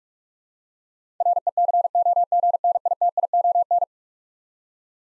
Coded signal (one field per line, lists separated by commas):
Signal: Morse code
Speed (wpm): 46 wpm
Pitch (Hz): 700 Hz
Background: none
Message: RECOGNITION